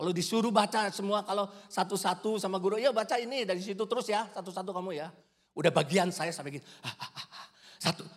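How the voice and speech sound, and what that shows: Fluent Indonesian speech by an adult man, then an imitated stutter: repeated 'ah, ah' sounds with pauses before the word 'satu'. It mimics the stutter he had as a child in grades 3–4 when reading aloud in class.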